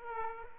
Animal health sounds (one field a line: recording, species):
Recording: mosquito wingbeat signal from an infrared sensor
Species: Aedes aegypti